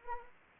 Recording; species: mosquito wingbeat signal from an infrared sensor; Anopheles arabiensis